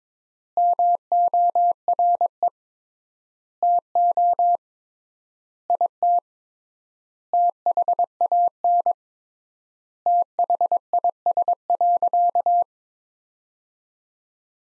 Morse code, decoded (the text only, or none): MORE TO IT THAN THIS.